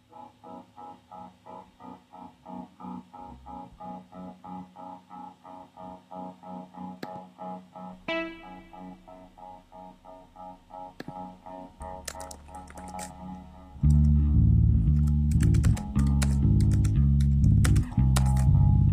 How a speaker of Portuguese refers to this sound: Ah, e quando eu tiro o reverb, eu vou colocar o reverb agora.